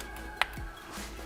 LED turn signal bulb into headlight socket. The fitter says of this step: hear it click in real nice these bulbs stay in really well compared to other bulbs on the market